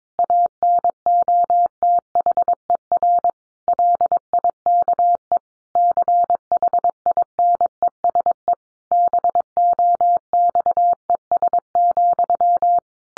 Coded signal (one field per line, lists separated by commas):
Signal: Morse code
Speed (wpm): 22 wpm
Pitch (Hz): 700 Hz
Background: none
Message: ANOTHER LIKE CHINESE BOXES,